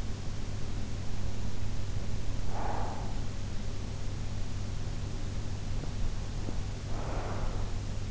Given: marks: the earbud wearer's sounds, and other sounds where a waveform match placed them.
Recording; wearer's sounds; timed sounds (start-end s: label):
sounds in sleep by an in-ear microphone; breath
2.32-3.39 s: breath
6.82-8.08 s: breath